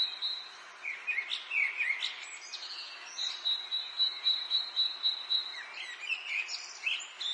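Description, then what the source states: Birdsong: a long, even, high trill runs through much of it while softer warbling whistles weave around it. Birdsong in an English garden in the late afternoon, urban atmosphere.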